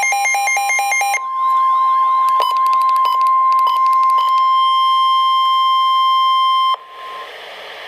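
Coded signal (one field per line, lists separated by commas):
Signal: Emergency Alert System (SAME) tones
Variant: 1050 Hz attention tone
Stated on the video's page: Severe thunderstorm warning EAS tones from NOAA Weather Radio station in Milwaukee, Wisconsin.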